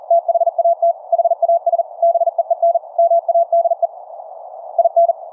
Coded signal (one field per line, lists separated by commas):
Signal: Morse code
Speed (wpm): 40 wpm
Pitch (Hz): 680 Hz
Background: none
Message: THAT HAS BEEN MADE IN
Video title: 630 Meters - QRQ CW - using a C.CRANE SKYWAVE SSB shortwave radio as a RIG Transmit Monitor